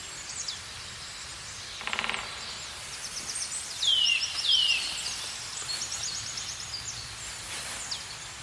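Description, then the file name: Eurasian nuthatch calls: two clear descending whistles in quick succession near the middle, with a brief buzzy burst earlier and faint high twittering. "Sitta europaea"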